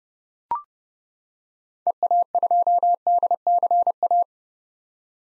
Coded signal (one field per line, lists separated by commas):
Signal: Morse code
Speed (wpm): 30 wpm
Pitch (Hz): 700 Hz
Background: none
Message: EA2DCA